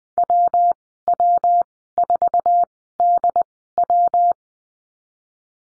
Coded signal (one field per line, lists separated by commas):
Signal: Morse code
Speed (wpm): 19 wpm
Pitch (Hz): 700 Hz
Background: none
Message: WW4DW